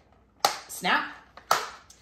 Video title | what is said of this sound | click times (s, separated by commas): How to clean the bottom of your carpet roller on your nv752 shark vacuum | So that just kind of fits back in and you'll hear it snap. | 0.5 s